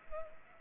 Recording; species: mosquito wingbeat signal from an infrared sensor; Culex pipiens